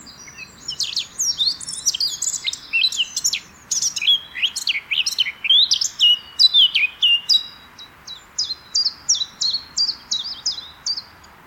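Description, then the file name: Eurasian blackcap song: a continuous scratchy warble shifting into a clear series of repeated high whistled notes, delivered quickly and evenly toward the end. "Sylvia atricapilla"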